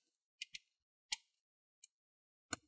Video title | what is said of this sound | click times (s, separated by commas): How to upgrade RAM for Hp X360 14 DY series laptop | go to the sides and now press in the middle here that click right there | 0.4 s, 0.5 s, 1.1 s, 1.8 s, 2.5 s